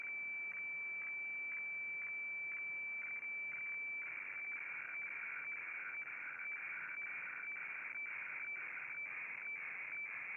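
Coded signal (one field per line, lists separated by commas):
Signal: weather fax (radiofax)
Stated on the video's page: HF weather fax received on 7880 kHz with an MLA30 antenna.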